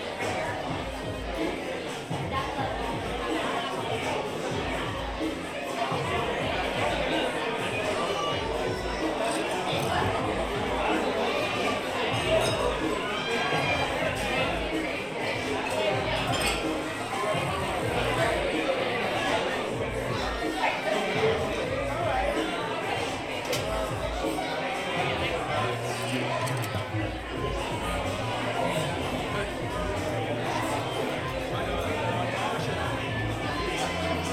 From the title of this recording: Oga's Cantina (Disneyland) Binaural Ambience